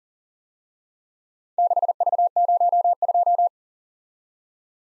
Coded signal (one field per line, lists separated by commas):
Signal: Morse code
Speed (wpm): 47 wpm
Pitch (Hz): 700 Hz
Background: none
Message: 6V02